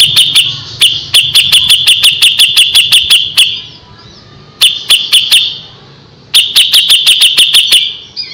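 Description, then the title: Grey-cheeked bulbul calls: piercing, high chirps in rapid runs separated by pauses of about a second, each run steady and loud. Masteran recording used to train other birds. "MASTERAN CUCAK JENGGOT"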